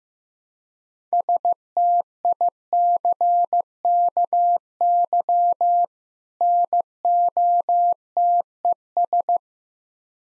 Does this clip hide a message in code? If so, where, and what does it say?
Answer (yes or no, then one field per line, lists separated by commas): yes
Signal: Morse code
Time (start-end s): 1.1-9.4 s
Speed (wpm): 15 wpm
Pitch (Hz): 700 Hz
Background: none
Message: STICKY NOTES